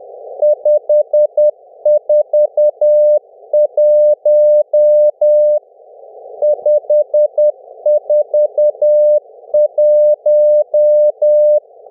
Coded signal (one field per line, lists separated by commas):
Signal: Morse code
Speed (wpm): 10 wpm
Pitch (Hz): 600 Hz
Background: music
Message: 541 541